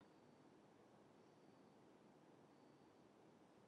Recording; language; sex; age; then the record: short text; Brazilian Portuguese; female; 60 to 69 years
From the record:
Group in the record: control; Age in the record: 67 years